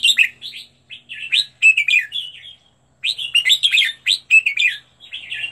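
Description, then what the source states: Red-whiskered bulbul song: bursts of bright, warbled whistled phrases, rising and falling, in two runs separated by a short pause. Song used for training birds to sing; 15 standard song styles.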